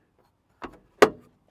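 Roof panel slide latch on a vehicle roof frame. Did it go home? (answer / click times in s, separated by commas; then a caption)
yes / 1.0 s. A removable roof panel on a GM Hummer EV is locked to the roof frame by closing its inside slide latches after it has been pulled down into its holes. A softer clack at 0.6 s is followed by a loud, sharp snap at 1.0 s as the latch closes, and the roof panel is seated back in place.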